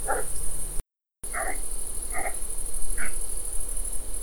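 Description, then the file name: Pine marten making brief grating calls, about four of them with a short break in the sound, over a steady high hiss. "Martora da xenocanto"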